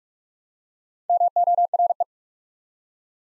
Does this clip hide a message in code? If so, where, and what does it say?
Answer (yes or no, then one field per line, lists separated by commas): yes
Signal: Morse code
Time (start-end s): 1.1-2.0 s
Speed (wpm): 48 wpm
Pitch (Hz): 700 Hz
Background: none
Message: MORE